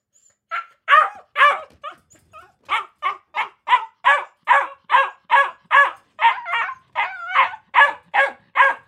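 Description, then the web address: Akita puppy yapping continuously, high-pitched barks repeated roughly twice a second, some breaking into a wavering whine-like yelp near the end. Akita puppy barking in a cage kennel. "Blastwave ANIMALS Dog Akita Puppy. dog akita puppy bark in cage kennel"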